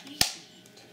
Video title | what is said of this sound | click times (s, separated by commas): Beats Executive Unboxing | snap right in that you heard | 0.2 s